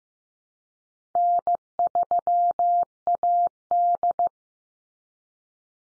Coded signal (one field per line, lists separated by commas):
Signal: Morse code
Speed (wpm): 15 wpm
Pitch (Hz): 700 Hz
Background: none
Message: N3AD